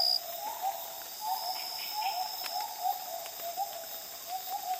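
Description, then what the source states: Gibbon calls, a run of short wavering hoots repeated steadily, over a constant high insect drone. At dawn in the Borneo rainforest jungle; calm dawn chorus with insects.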